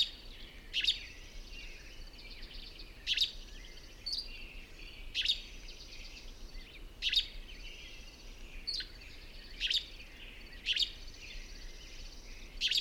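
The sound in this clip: Bird song with high chirps and trills, punctuated by sharp piercing notes roughly every one to two seconds, over soft background noise.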